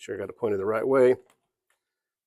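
An aftermarket Magnaride strut's electrical connector is being lined up by hand to go onto the strut harness plug on a 2015-2020 GM vehicle, and someone talks briefly before near-silence. The connector has not yet snapped in; nothing has seated or clicked yet.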